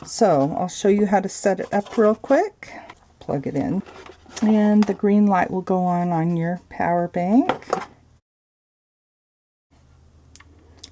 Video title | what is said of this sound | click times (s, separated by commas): Hot Foil System Unboxing | And that will click in. | 10.4 s